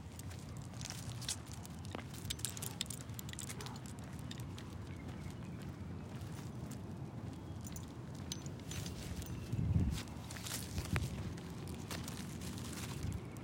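A night walk with a dog through a Phoenix neighborhood, under a steady low rumble like wind or passing traffic. Short bright jingles and rattles from her harness come every few seconds, with a louder thump and rustle just before the ten-second mark.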